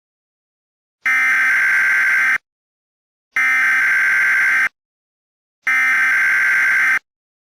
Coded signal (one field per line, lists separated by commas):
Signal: Emergency Alert System (SAME) tones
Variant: header bursts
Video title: Emergency Alert System: A Broadcasted Cry